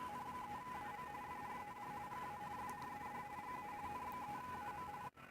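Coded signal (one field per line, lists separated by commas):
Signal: RTTY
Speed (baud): 45.45 baud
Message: N3AM FRED GA FRED GA N3AM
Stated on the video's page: RTTY contacts in a QSO party contest, using a 29.5 ft end-fed antenna with a 9:1 unun and a manual tuner.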